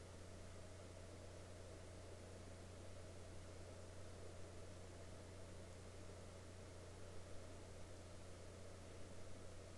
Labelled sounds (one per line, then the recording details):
water
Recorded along the Dempster Highway, Canada, on 7 May 2019 at 03:26
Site 13